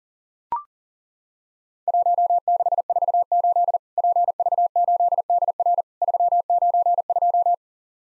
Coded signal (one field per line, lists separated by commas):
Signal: Morse code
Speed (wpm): 41 wpm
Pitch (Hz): 700 Hz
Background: none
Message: 1648 PV8DR 392